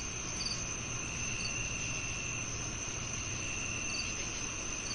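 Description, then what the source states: Crickets giving a steady high ringing trill with only a few scattered chirps, over a soft low rumble. Nocturnal chorus on a peaceful summer night.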